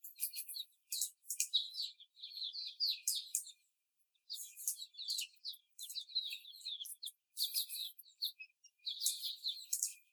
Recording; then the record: young laying hens in a cage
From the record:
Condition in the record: before the stressor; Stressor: simulated dog barking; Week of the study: 4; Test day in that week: 2